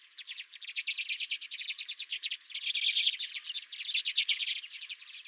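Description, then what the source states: Redpolls chattering: fast, buzzy twittering notes pour out continuously, growing louder around the middle. Redpolls at the recordist's own feeder.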